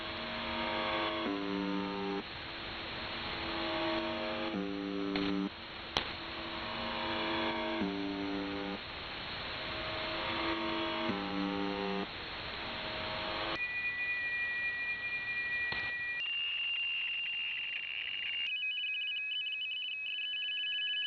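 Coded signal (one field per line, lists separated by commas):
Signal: channel marker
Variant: UVB-76 (The Buzzer)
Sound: repeated harsh low buzzing with brief pauses, then steady high-pitched tones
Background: radio static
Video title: UVB-76 (4625 kHz) Strange white noise 18:35 UTC (Noise starts at 3:15)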